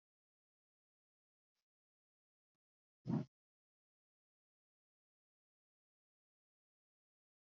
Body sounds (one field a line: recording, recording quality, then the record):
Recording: shallow breathing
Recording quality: excellent, no background noise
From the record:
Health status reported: COVID-19 positive, no symptoms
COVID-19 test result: positive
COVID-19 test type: RT-PCR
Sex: male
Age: 24 years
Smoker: no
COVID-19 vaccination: both doses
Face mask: not worn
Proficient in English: yes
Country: India